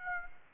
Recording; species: mosquito wingbeat signal from an infrared sensor; Aedes aegypti